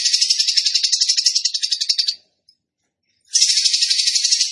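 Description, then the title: Bird song of two long, harsh rattling trills made of rapid even pulses, with a silent gap between them. Tembakan bird singing vigorously (gacor), used for training cage birds. "Masteran Burung Tembakan Gacor"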